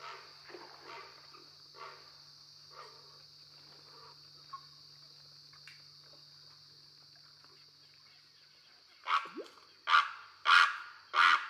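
Great Blue Heron harsh croaks, four loud rasping squawks near the end after quieter rough calls, over a steady high drone.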